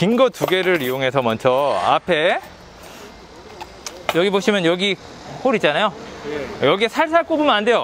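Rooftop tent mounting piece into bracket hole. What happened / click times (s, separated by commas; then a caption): The mounting piece is being handled near its hole but has not yet seated / none. While mounting an iKamper Skycamp 2.0 rooftop tent on the crossbars of a Santa Fe TM with a Raptor liner, one of the two long mounting pieces is eased toward a hole in the bracket. Someone talks throughout, with quieter pauses and a brief sharp tick near 3.9 seconds. Nothing has seated or clicked yet.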